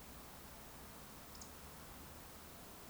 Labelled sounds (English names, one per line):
Eurasian Woodcock whistle